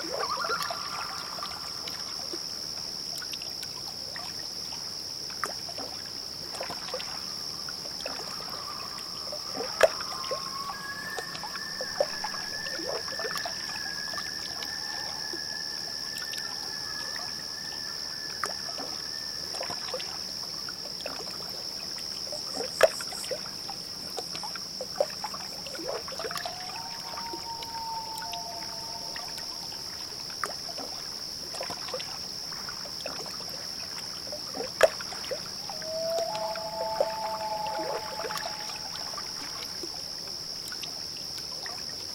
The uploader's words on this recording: Nightfall at Loon Lake. Relax by the shore of a peaceful lake under the moonlight, as loons call far off in the distance and the sounds of nature lull you into a calm state.